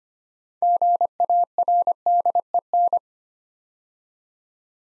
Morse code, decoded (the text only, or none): GARDEN